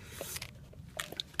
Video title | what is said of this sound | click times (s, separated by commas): audi a3 oil change | goes over the housing cap, pushes in, you'll hear it click in and spring in place, | 1.0 s, 1.2 s, 1.4 s